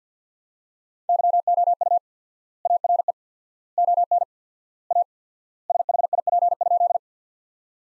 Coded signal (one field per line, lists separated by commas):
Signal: Morse code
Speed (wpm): 50 wpm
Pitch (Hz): 700 Hz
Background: none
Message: YOU ARE ON A SHIP?